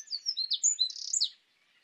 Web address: SETE Troglodytes troglodytes